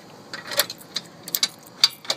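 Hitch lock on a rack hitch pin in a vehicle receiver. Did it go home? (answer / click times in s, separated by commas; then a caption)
no / none. A hitch lock is being handled and pushed onto a rack hitch pin that passes through a vehicle's hitch receiver. A series of short, sharp metallic clicks and ticks is heard against a quiet background. The lock has not yet seated or clicked shut by the end of the clip.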